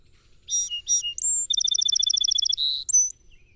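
Song sparrow song: two buzzy introductory notes, a clear whistle, then a fast even trill, ending in a buzzy note and a short high whistle.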